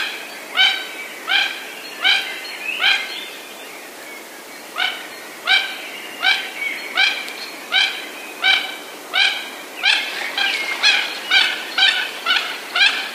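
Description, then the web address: Mandarin duck giving repeated sharp yelps in bursts, sometimes overlapping. "wroblowe kolekcja mandarynka"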